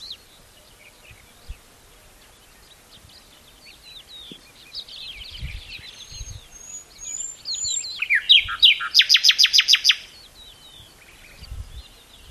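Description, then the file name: Common nightingale song: soft varied phrases, then a clear whistled series and a loud, rapid repeated churring rattle near the end. "Luscinia megarhynchos"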